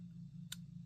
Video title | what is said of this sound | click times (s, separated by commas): Vosteed Corgi Folding Knife - Overview and Review | see that distinct click into place that's what people want to see | 0.5 s